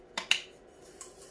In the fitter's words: yeah I think I'm gonna like this and it kind of Clicks in place both directions